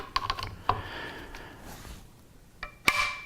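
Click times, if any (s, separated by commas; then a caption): 0.2 s, 2.9 s. A preset torque wrench is twisted on the scope mount ring screws of a rifle until it clicks at its 22 inch-pound setting. Sharp metallic clicks sound at 0.2 s and 2.9 s, with a few lighter ticks between 0.3 s and 0.7 s. Both clicks confirm the screws have reached the set torque.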